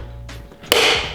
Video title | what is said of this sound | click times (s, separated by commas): ASSEMBLING THE VW GTI MK6 FRONT BUMPER | nice click good job | 0.7 s